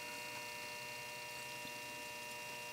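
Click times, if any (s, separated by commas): none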